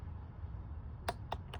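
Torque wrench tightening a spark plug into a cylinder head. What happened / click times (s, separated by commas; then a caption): Torque wrench clicks at setting / 1.1 s. A torque wrench tightens the next spark plug into the cylinder head of a 2014 Ford Fusion 2.5L and reaches its setting. It clicks at 1.1 s, followed by two more sharp clicks at 1.3 s and 1.5 s over a low background hum. No one talks in this clip.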